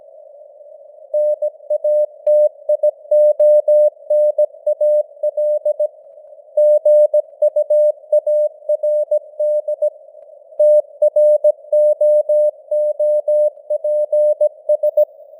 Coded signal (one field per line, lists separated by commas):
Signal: Morse code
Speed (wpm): 17 wpm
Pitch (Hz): 600 Hz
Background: none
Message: NATIONAL GUARD TROOPS